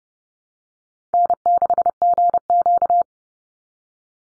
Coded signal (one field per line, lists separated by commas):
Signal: Morse code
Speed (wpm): 30 wpm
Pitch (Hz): 700 Hz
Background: none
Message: N6GQ